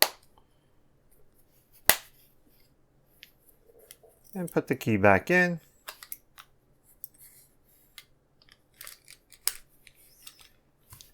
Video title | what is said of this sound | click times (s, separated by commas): Dodge Key Fob Battery Replacement | and just press down. Listen for those little clicks. | 0.0 s, 1.9 s